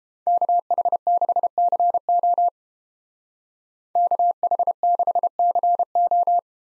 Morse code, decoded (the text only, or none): KH6CO KH6CO